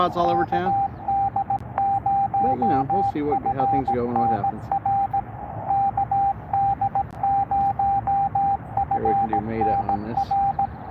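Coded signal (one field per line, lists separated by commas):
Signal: Morse code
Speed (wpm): 16 wpm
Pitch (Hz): 790 Hz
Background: speech, radio noise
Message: KD0FNR KD0FNR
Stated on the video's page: Morse from a park activation completed in under 45 minutes.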